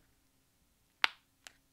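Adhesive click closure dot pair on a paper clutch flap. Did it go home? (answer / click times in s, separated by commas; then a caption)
yes / 1.0 s. A pair of adhesive closure dots on the flap of a paper clutch is pressed together close to the microphone. A sharp click sounds at 1.0 s, followed by a fainter tick at about 1.5 s. The closure dots seat together.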